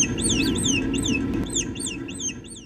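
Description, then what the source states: Naked mole rat toilet call: a run of high arched chirps, each rising then falling, over a steady low hum. Rare call made when the queen or a breeding male goes to the bathroom; described as a little, very distinct song; its purpose is unknown.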